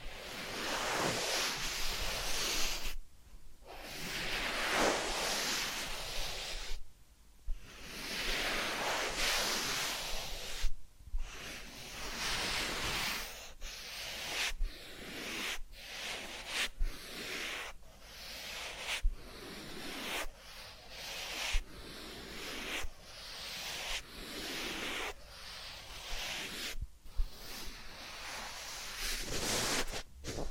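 Soft hissing and rustling sounds of massage and ear cleaning run in bursts, broken by frequent short gaps and occasional sharp taps.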